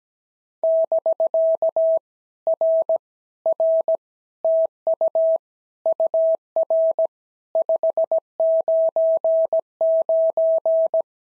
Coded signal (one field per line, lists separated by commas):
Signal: Morse code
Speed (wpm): 17 wpm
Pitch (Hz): 650 Hz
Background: none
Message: <BK> R R TU UR 599